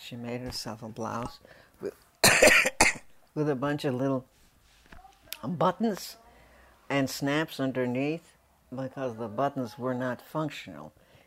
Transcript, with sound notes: She made herself a blouse with — [coughs] with a bunch of little buttons and snaps underneath, but the buttons were not functional.